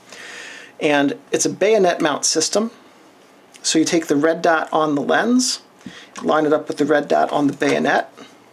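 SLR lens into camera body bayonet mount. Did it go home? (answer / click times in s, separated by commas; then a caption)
no / none. Someone talks while handling an SLR lens at the metal bayonet mount of an Olympus OM10 camera body, lining up the red dot on the lens with the red dot on the bayonet. Nothing has seated or clicked yet; the clip ends before the lens is turned and locks into place.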